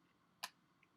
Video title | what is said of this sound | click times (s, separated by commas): 2021 16 inch M1 Macbook Pro Display Replacement | push it until you hear the pop just be gentle you can bend them very easily | 0.4 s